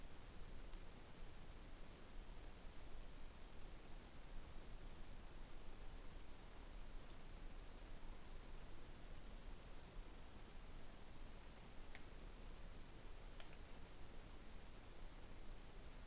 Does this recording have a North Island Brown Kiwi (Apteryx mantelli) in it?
no